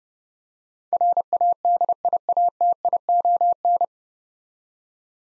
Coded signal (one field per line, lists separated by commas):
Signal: Morse code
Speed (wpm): 32 wpm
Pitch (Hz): 700 Hz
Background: none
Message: RADIATION